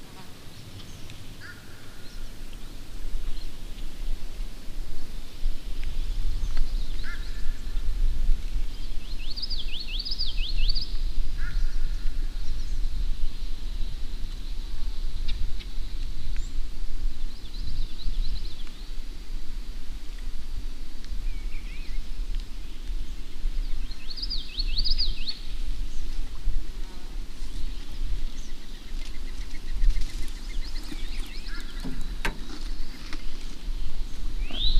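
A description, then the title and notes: An outdoor recording at a former camp recreation area: a steady low rumble of wind and traffic fills the whole clip. Birds chirp in brief bright bursts around ten and twenty-five seconds, with a few short calls and faint voices scattered elsewhere. The POW camp recreational area in Saucier, MS. This area is currently part of a trail system and that goes deep in the DeSoto forest in Mississippi.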